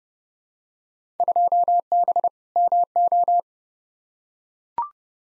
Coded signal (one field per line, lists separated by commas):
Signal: Morse code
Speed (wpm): 31 wpm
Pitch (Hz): 700 Hz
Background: none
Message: 2B MO